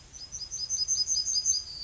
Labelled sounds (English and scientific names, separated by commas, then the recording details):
Yellowhammer (Emberiza citrinella) song
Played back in grassland
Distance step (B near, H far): D
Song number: 058